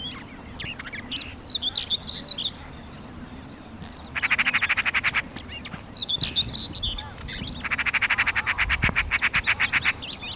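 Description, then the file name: Eurasian magpie giving harsh, rapid rattling chatter in two bursts, a short one and a longer one, with many thin chirps throughout. "Pica pica"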